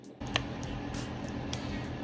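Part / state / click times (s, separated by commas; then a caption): replacement key cap with hinge clip onto keyboard metal hooks / seated / 0.4 s. A replacement plastic key cap with its attached hinge clip is pressed down firmly onto the small metal hooks of an Apple Magic Keyboard, first from the middle, then the top and bottom. A sharp, bright click at 0.4 s is the key cap seating onto the hooks, followed by fainter ticks around 0.6, 1.3 and 1.5 s over a steady low background hum. The key cap is seated.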